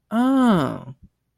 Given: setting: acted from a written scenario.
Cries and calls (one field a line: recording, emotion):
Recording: vocal sound without words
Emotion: realization